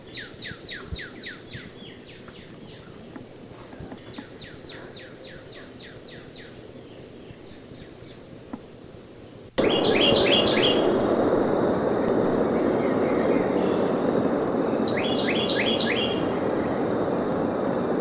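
Northern cardinal song: long runs of quick slurred whistles at first, then two brief phrases over louder traffic noise.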